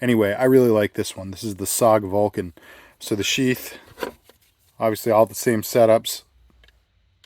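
A SOG Vulcan fixed-blade knife is handled near its moulded kydex sheath while someone talks, with a few faint handling ticks after the talking stops. Nothing has seated or clicked into the sheath yet.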